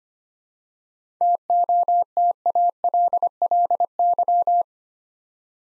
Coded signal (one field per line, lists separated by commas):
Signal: Morse code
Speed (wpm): 25 wpm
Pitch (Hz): 700 Hz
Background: none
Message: TOTALLY